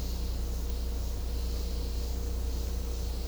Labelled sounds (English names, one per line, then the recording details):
none
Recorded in secondary vegetation near Puerto Asís, Putumayo, Colombia, on 16 December 2024 at 10:00
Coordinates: 0.500, -76.326
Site G065